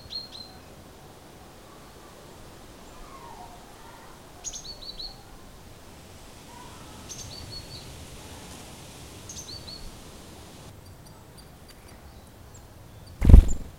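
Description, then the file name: Great tit: short slurred high notes in pairs and triplets, repeated at intervals over steady background hiss, ending with a loud thump. "Parus major"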